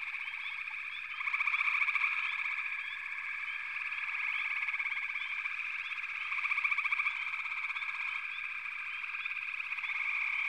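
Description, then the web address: Many frogs trilling together, with loud pulsed bursts early on and again past midway, over a constant high buzzing background. Frog chorus. "Natures Songs Sleep Sounds of Nature FROGS Frog Chorus"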